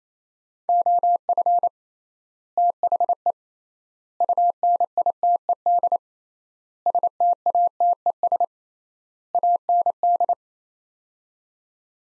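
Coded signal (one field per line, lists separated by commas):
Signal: Morse code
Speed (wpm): 28 wpm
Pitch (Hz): 700 Hz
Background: none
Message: OF THE UNITED STATES AND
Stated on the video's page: Head-copy practice: sets of five words at 28 wpm with 3x word spacing, a Farnsworth-like method applied to words.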